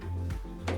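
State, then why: Seated. A graphics card is pressed down into a motherboard's PCIe x16 slot until the slot's plastic retention latch snaps shut, with a faint tap at 0.3 s and a sharp click at 0.7 s. The card is seated, its rear part held in the slot.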